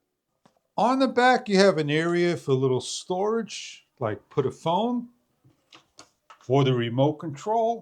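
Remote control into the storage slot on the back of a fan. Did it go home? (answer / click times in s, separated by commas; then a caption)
no / none. The plastic remote control of an AJVV 20000mAh portable rechargeable battery-operated camping fan is handled near the storage slot on the back of the fan housing while someone talks, with a few faint ticks in the pauses. The remote has not clicked into the holder yet; nothing has seated.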